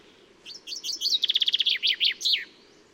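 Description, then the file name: Common chaffinch song: a bright two-second phrase opening with sharp chirps, running into a fast even trill, then dropping notes ending in a quick flourish. "Fringilla coelebs"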